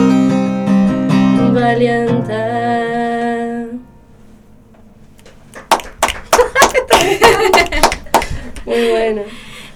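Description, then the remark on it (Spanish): A sustained tonal, sung-sounding phrase fades out, then a few seconds of loud, irregular clapping break out, with a voice briefly mixed in near the end. “Qué hermoso el, como... el aplauso.”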